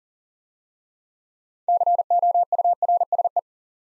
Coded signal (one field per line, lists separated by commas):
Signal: Morse code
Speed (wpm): 40 wpm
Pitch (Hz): 700 Hz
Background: none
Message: COURSE